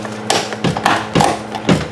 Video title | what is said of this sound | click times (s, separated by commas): Project FX35 (Episode 2) Remove / Install Door Mirror on Infiniti FX | it snaps back in like that all right so there is the mirror back on | 0.3 s, 0.9 s